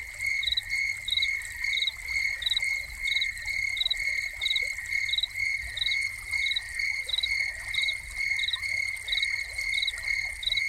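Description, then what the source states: Cricket song: a continuous high-pitched trill overlaid by quick chirps repeated evenly, with faint falling water behind. Crickets recorded together with a running fountain.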